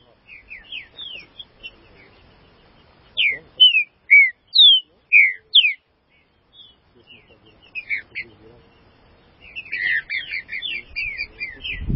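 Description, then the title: Green-winged saltator song: a series of loud slurred whistles, then softer chirps and a busy final burst of rapid notes. "Trinca Ferro"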